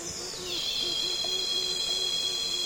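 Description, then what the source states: Cicada call, a loud sustained ringing drone that glides down and holds steady, with soft low hoot-like notes repeating beneath and a constant insect hiss. Loud cicadas calling on a calm afternoon in Congo basin rainforest, with other insects flying and buzzing close to the microphones.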